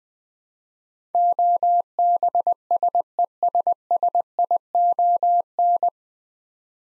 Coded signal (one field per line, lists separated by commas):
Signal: Morse code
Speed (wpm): 20 wpm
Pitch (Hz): 700 Hz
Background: none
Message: OBSESSION